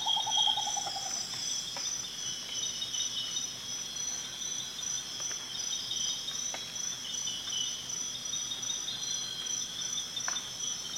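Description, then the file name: Rufous potoo song: a single slow whistle that falls steadily in pitch, partly cut at the start, over a steady high-pitched drone of insects. "Canto do urutau ferrugem"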